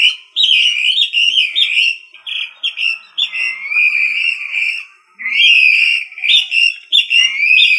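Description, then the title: Rail giving loud, wavering whistles that rise and fall, in long phrases broken by short pauses. "LuckyFamilia RallidaeFrangoSama"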